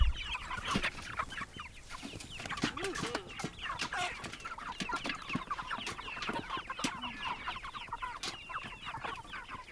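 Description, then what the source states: Chickens clucking in a busy flock, many short overlapping clucks and squawks throughout, with scattered clicks and bumps underneath. Chickens recorded at a goat farm.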